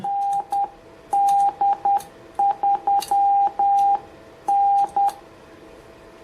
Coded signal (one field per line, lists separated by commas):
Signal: Morse code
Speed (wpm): 10 wpm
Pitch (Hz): 800 Hz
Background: none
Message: ND3N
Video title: Using the Yaesu FT-710 in the CW Mode - an overview...